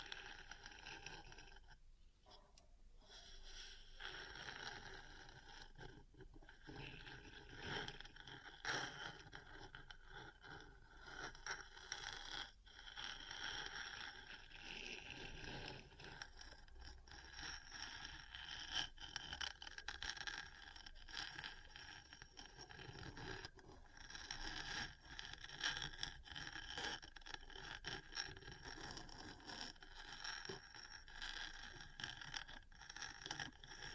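Metal parts tap and scratch against each other in a busy, continuous clatter, with bright scraping and frequent sharp ticks throughout. The activity barely lets up, briefly thinning near the start and around the middle before picking back up with denser, louder scraping.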